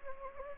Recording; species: mosquito wingbeat signal from an infrared sensor; Anopheles gambiae